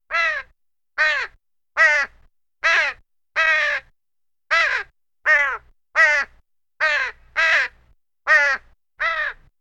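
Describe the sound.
Crow cawing, a steady series of twelve harsh, grating caws roughly one every eight-tenths of a second, each slightly falling, with a faint low hum underneath.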